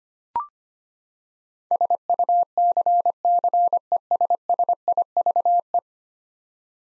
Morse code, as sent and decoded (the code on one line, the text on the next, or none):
... ..- -.-. -.-. . ... ... .. ...- .
SUCCESSIVE